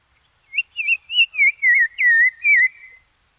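Black-crowned tchagra song: a clear run of about seven slurred, wavering whistles, lasting just over two seconds in a quiet background.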